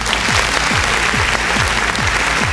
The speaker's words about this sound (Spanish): De inmediato los aplausos, como es habitual en nuestro programa, anuncian que ya está terminando el programa del día de hoy.